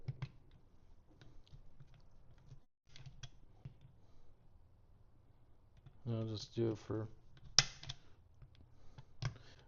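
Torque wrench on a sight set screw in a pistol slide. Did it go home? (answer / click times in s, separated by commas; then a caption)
yes / 7.6 s. A torque wrench set to 15 inch-pounds is re-applied to the set screw of an XS sight in a Glock 19 pistol slide as a recheck, with light handling clicks and someone talking. The wrench gives a sharp, loud click at 7.6 s, confirming the screw is torqued to 15 inch-pounds.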